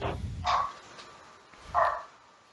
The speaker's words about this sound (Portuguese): Que cachorro? Não tem cachorro latindo aqui não. Agora tem. Ele já tava aí